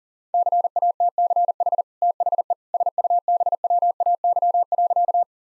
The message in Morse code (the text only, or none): CATCH THE SUBWAY.